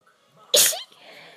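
A faint intake of breath builds for a moment, then one sudden, loud, hissing burst lasts about a third of a second before it trails off. A single ordinary sneeze from an adult.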